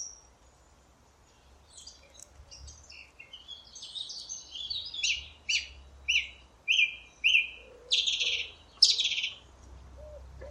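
Song thrush song: quiet scratchy notes build into several loud, clear phrases, with a low hum underneath.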